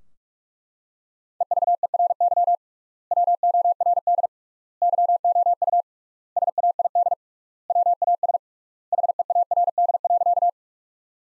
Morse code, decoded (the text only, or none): EVERY WORD YOU SAID WAS HEARD.